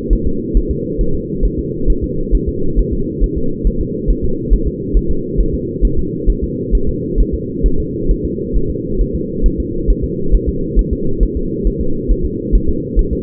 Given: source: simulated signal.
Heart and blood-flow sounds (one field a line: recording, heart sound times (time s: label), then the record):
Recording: fetal heart sounds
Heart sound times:
0.13 s: S1
0.27 s: S2
0.57 s: S1
0.71 s: S2
1.01 s: S1
1.15 s: S2
1.45 s: S1
1.59 s: S2
1.90 s: S1
2.04 s: S2
2.35 s: S1
2.49 s: S2
2.79 s: S1
2.93 s: S2
3.24 s: S1
3.38 s: S2
3.67 s: S1
3.81 s: S2
4.11 s: S1
4.24 s: S2
4.54 s: S1
4.67 s: S2
4.97 s: S1
5.11 s: S2
5.40 s: S1
5.54 s: S2
5.85 s: S1
5.99 s: S2
6.30 s: S1
6.44 s: S2
6.75 s: S1
6.89 s: S2
7.20 s: S1
7.34 s: S2
7.66 s: S1
7.80 s: S2
8.11 s: S1
8.25 s: S2
8.56 s: S1
8.70 s: S2
9.01 s: S1
9.15 s: S2
9.46 s: S1
9.60 s: S2
9.90 s: S1
10.04 s: S2
10.35 s: S1
10.49 s: S2
10.79 s: S1
10.93 s: S2
11.23 s: S1
11.37 s: S2
11.67 s: S1
11.81 s: S2
12.11 s: S1
12.25 s: S2
12.55 s: S1
12.69 s: S2
12.99 s: S1
13.13 s: S2
From the record:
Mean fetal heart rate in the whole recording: 135 bpm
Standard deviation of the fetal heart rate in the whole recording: 3 bpm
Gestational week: 36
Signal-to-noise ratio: -8.1 dB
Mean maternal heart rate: 72 bpm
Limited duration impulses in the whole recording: present